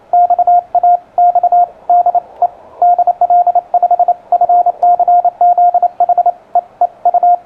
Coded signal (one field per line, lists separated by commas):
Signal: Morse code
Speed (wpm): 29 wpm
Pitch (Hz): 710 Hz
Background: radio noise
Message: XA X DE DL5FCZ HEEU